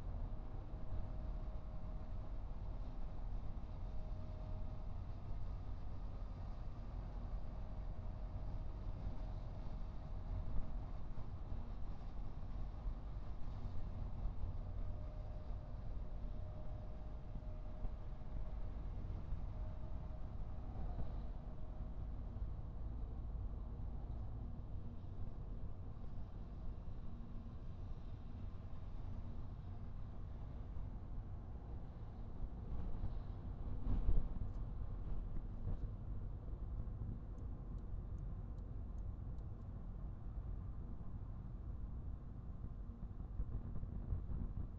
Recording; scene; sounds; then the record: everyday scene through a hearing-aid microphone; in a vehicle; engine, highway driving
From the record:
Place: Skoda Fabia, gasoline engine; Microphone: behind the ear, right, rear